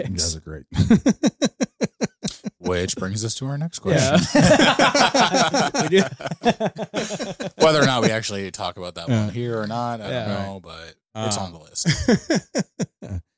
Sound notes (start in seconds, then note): 0.7 laughing; 6.1 laughing